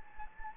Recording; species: mosquito wingbeat signal from an infrared sensor; Anopheles gambiae